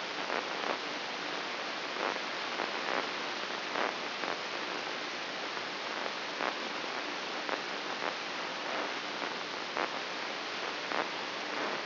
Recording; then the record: brain microelectrode recording played as sound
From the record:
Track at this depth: inside the subthalamic nucleus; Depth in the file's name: 6.261 mm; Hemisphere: left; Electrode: 3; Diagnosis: Parkinson's disease